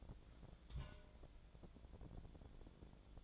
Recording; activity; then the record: daily activity, microphone in the room; take from stove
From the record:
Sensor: 5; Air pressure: 1000.0 hPa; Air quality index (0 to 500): 92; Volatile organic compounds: 1 ppm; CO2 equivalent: 749 ppm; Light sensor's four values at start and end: 336/779/342/385 and 335/780/341/384